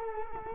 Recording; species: mosquito wingbeat signal from an infrared sensor; Culex quinquefasciatus